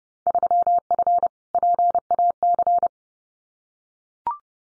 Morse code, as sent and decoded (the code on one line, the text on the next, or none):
...-- ..-. / .--. .- -.-.
3F PAC